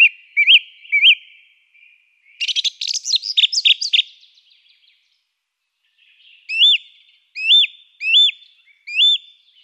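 Song thrush song with a fluty rising-falling phrase given twice, a harsh chattering burst, then a clear looping whistle repeated four times.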